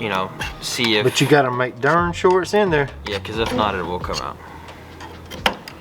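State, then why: Seated. A retaining clip is pushed all the way into the groove of a Pivot Works suspension bushing bore on a 2008 Honda TRX 450R during a bushing and bearing install, while someone talks. The talking fades, then a few faint ticks lead to a single sharp hit at 5.5 s as the clip locks into the groove, followed by a quieter tick.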